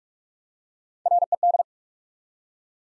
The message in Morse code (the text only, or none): RED